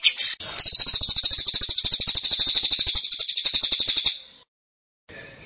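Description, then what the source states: Bird song, a sustained burst of fast, shrill repeated chirps lasting about four seconds, then a pause and faint noise. Track meant to make a listener's own bird join in singing immediately.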